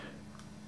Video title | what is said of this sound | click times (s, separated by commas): KODAK Zi8 Tutorial | and you'll hear it click there it goes okay | 0.4 s